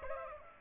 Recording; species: mosquito wingbeat signal from an infrared sensor; Aedes aegypti